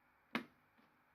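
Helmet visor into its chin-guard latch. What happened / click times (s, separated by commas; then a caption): The plastic visor latch snaps shut / 0.4 s. The visor of a Nexx X-Vilitur motorcycle helmet is closed and pressed against the chin guard until its plastic latch engages. A single sharp click is heard at 0.4 s, followed by a faint softer tick near 0.8 s. The latch seats and the visor clicks shut.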